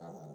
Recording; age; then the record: pig call; piglet (1 to 25 days)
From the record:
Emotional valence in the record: negative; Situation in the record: long isolation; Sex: female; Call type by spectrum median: low-frequency call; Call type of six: low-frequency modulated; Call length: 0.35 s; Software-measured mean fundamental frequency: 53 Hz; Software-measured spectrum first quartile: 200 Hz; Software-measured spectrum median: 426 Hz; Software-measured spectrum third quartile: 728 Hz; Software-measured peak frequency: 173 Hz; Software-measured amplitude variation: 77 dB a second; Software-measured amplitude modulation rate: 15.6 a second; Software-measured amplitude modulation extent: 4.9 dB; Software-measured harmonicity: 1.1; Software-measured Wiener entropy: 0.09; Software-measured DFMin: 1216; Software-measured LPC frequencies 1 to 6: 671, 3684, 4256, 5935, 6563, 7705 Hz